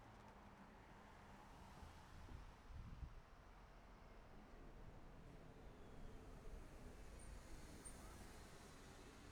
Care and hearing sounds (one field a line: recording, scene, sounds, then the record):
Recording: everyday scene through a hearing-aid microphone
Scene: in traffic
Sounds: traffic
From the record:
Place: city secondary road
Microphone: behind the ear, left, front